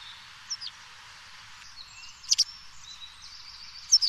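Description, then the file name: White wagtail calls, thin high two-note chips given a few times, sparse over a soft hiss of background noise. "Bergeronnette grise"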